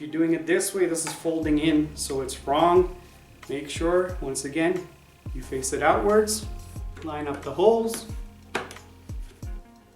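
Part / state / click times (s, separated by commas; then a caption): armrest/backrest tube into shower chair frame / seated / 8.6 s. Someone talks while an armrest/backrest tube is fitted into the frame of a Jobri Alex bath bench shower chair with back and arms, with the tube faced outwards and the holes lined up. The gold spring buttons are pressed and the tube is pushed until it snaps into place with a sharp click at 8.6 s, followed by a few fainter taps. Both tubes are seated in the holes.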